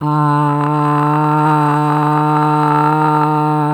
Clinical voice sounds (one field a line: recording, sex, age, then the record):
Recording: sustained vowel /a/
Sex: female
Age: 60 to 69 years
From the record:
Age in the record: 69 years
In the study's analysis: included